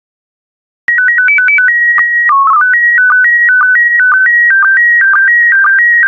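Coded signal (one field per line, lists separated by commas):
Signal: SSTV (slow-scan television)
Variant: PD 120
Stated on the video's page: SSTV PD120 images of birds sent as decoding practice.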